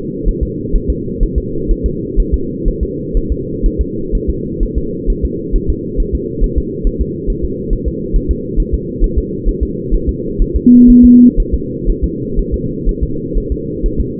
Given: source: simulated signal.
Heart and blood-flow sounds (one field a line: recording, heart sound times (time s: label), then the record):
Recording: fetal heart sounds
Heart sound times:
0.28 s: S1
0.43 s: S2
0.75 s: S1
0.90 s: S2
1.23 s: S1
1.38 s: S2
1.71 s: S1
1.86 s: S2
2.20 s: S1
2.34 s: S2
2.68 s: S1
2.83 s: S2
3.17 s: S1
3.32 s: S2
3.66 s: S1
3.81 s: S2
4.15 s: S1
4.30 s: S2
4.63 s: S1
4.78 s: S2
5.10 s: S1
5.25 s: S2
5.56 s: S1
5.70 s: S2
6.00 s: S1
6.15 s: S2
6.44 s: S1
6.58 s: S2
6.87 s: S1
7.02 s: S2
7.30 s: S1
7.45 s: S2
7.73 s: S1
7.88 s: S2
8.16 s: S1
8.31 s: S2
8.60 s: S1
8.74 s: S2
9.04 s: S1
9.18 s: S2
9.48 s: S1
9.63 s: S2
9.94 s: S1
10.09 s: S2
10.42 s: S1
10.56 s: S2
10.90 s: S1
11.05 s: S2
11.40 s: S1
11.54 s: S2
11.90 s: S1
12.04 s: S2
12.39 s: S1
12.54 s: S2
12.89 s: S1
13.03 s: S2
13.38 s: S1
13.52 s: S2
13.86 s: S1
14.00 s: S2
From the record:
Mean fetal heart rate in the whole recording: 130 bpm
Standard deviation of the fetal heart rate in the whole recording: 4 bpm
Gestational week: 38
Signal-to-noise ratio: -6.6 dB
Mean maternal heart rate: 72 bpm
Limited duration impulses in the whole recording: present